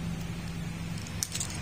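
A plastic filter (strainer) on an electric fuel pump is levered with a screwdriver and pushed off with a thumb, over a steady low hum. A sharp click at 1.2 s marks the filter releasing from the pump.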